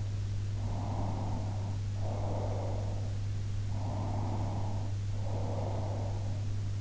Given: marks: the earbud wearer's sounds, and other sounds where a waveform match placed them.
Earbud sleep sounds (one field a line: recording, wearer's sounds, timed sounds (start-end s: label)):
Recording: sounds in sleep by an in-ear microphone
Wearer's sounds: breath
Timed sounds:
0.65-3.11 s: breath
3.86-6.41 s: breath